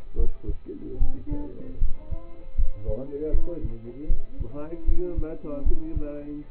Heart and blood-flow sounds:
heart sounds by stethoscope; between the tricuspid and mitral areas; 77 bpm
0.16 s: heartbeat
0.98 s: heartbeat
1.79 s: heartbeat
2.55 s: heartbeat
3.31 s: heartbeat
4.07 s: heartbeat
4.85 s: heartbeat
5.63 s: heartbeat
From the record:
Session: rest, lying down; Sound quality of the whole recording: partially saturated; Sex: male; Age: 27 years

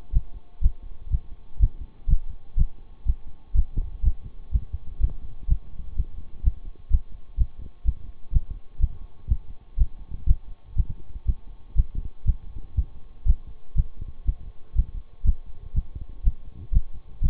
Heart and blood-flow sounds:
heart sounds by stethoscope; between the tricuspid and mitral areas; 123 bpm
0.12 s: heartbeat
0.61 s: heartbeat
1.10 s: heartbeat
1.59 s: heartbeat
2.08 s: heartbeat
2.57 s: heartbeat
3.05 s: heartbeat
3.54 s: heartbeat
4.03 s: heartbeat
4.52 s: heartbeat
5.00 s: heartbeat
5.48 s: heartbeat
5.96 s: heartbeat
6.43 s: heartbeat
6.90 s: heartbeat
7.37 s: heartbeat
7.85 s: heartbeat
8.32 s: heartbeat
8.80 s: heartbeat
9.28 s: heartbeat
9.77 s: heartbeat
10.26 s: heartbeat
10.76 s: heartbeat
11.25 s: heartbeat
11.75 s: heartbeat
12.25 s: heartbeat
12.75 s: heartbeat
13.25 s: heartbeat
13.75 s: heartbeat
14.25 s: heartbeat
14.75 s: heartbeat
15.24 s: heartbeat
15.74 s: heartbeat
16.23 s: heartbeat
16.72 s: heartbeat
17.21 s: heartbeat
From the record:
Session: bicycle stress test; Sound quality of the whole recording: good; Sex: male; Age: 26 years

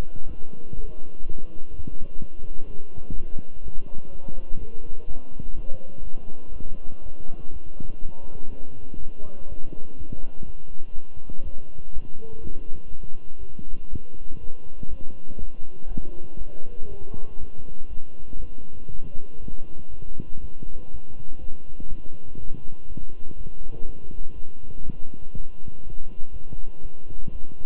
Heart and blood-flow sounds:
heart sounds by stethoscope; between the tricuspid and mitral areas; 122 bpm
0.27 s: heartbeat
0.75 s: heartbeat
1.22 s: heartbeat
1.70 s: heartbeat
2.18 s: heartbeat
2.66 s: heartbeat
3.14 s: heartbeat
3.62 s: heartbeat
4.11 s: heartbeat
4.59 s: heartbeat
5.07 s: heartbeat
5.55 s: heartbeat
6.03 s: heartbeat
6.52 s: heartbeat
7.02 s: heartbeat
7.52 s: heartbeat
8.01 s: heartbeat
8.50 s: heartbeat
8.99 s: heartbeat
9.48 s: heartbeat
9.97 s: heartbeat
10.46 s: heartbeat
10.94 s: heartbeat
11.43 s: heartbeat
11.92 s: heartbeat
12.41 s: heartbeat
12.90 s: heartbeat
13.39 s: heartbeat
13.89 s: heartbeat
14.40 s: heartbeat
14.89 s: heartbeat
15.38 s: heartbeat
15.87 s: heartbeat
16.37 s: heartbeat
16.88 s: heartbeat
17.39 s: heartbeat
17.89 s: heartbeat
18.40 s: heartbeat
18.91 s: heartbeat
19.40 s: heartbeat
19.90 s: heartbeat
20.40 s: heartbeat
20.90 s: heartbeat
21.40 s: heartbeat
21.89 s: heartbeat
22.39 s: heartbeat
22.88 s: heartbeat
23.37 s: heartbeat
23.85 s: heartbeat
24.34 s: heartbeat
24.84 s: heartbeat
25.34 s: heartbeat
25.83 s: heartbeat
26.32 s: heartbeat
26.81 s: heartbeat
27.31 s: heartbeat
From the record:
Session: walking at 3.7 km/h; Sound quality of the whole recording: good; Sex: male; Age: 23 years

